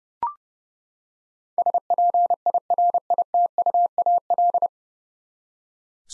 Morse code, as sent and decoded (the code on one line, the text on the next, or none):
... .--. .. .-. .. - ..- .- .-..
SPIRITUAL